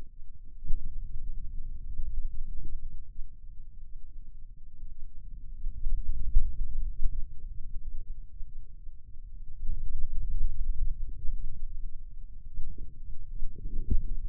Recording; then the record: forearm muscle sounds (acoustic myography)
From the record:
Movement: finger pinch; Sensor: system 2, bracelet of six BSWA MPA416 microphones around the upper forearm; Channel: 2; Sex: male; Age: 22 years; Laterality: right